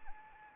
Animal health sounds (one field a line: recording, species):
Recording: mosquito wingbeat signal from an infrared sensor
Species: Anopheles arabiensis